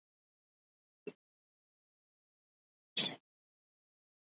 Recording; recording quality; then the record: deep breathing; poor, much background noise or distortion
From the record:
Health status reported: respiratory illness, not identified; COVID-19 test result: negative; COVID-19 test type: RT-PCR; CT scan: not taken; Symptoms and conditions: cough, fever, fatigue, muscle pain, asthma, ischaemic heart disease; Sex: male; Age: 35 years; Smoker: no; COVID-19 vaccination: both doses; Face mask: worn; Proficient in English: yes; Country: India